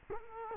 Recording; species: mosquito wingbeat signal from an infrared sensor; Culex quinquefasciatus